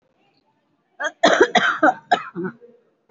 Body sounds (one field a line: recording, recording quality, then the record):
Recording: shallow voluntary cough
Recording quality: excellent, no background noise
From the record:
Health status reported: COVID-19 positive, moderate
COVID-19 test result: positive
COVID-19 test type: RT-PCR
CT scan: not taken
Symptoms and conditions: sore throat, fatigue, loss of smell and taste, another respiratory illness, hypertension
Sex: female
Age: 68 years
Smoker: no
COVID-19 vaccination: none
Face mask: worn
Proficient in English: yes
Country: India